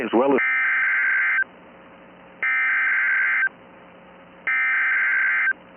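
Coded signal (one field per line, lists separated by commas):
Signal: Emergency Alert System (SAME) tones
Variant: header bursts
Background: speech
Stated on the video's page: Blizzard and snow squall warnings heard on NOAA Weather Radio.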